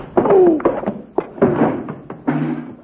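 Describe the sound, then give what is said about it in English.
A short bare-handed fistfight: several dull, heavy punching thuds land at uneven intervals, mixed with strained grunts and groans from a man, ending in a final blow that knocks him out and a low moan. “you knocked him out.”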